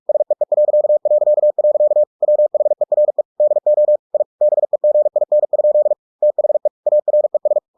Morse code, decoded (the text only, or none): SEE... WHERE DO I BEGIN? THE ARES